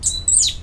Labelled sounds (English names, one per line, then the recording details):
Stitchbird song
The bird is a male
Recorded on Tiritiri Matangi Island, New Zealand, in 2005
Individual 14, of nest box 20